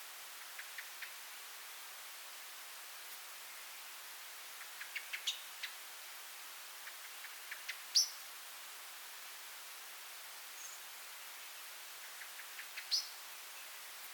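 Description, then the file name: Common blackbird calls: a few faint ticking notes, then two brief, thin, high-pitched notes about five seconds apart over steady background hiss. "Turdus merula"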